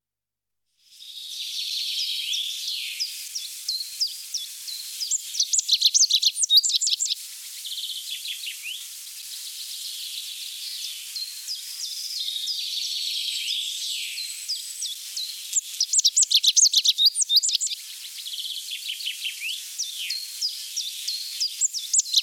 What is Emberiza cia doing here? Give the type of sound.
song